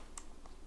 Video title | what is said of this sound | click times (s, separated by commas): [UNBOXING] Raeisusp DC Drive Cable - Get Unlimited Power on Canon M50 under $25! | battery compartment and I'll click right in place | 0.2 s, 0.5 s